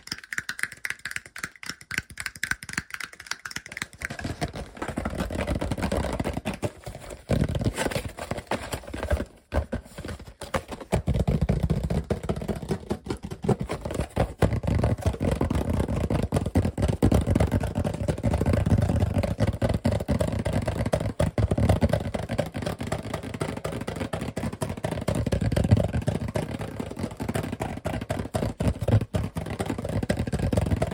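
Fast, aggressive tapping and scratching in dense, rapid bursts that run almost nonstop, sparse and clicky at first, then thick and rumbling throughout.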